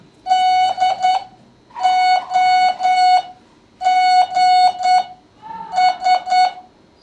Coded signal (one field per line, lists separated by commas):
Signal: Morse code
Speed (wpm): 9 wpm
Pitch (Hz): 730 Hz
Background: music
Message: DOGS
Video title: Morse Code Intermediate Class 2